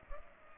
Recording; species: mosquito wingbeat signal from an infrared sensor; Culex pipiens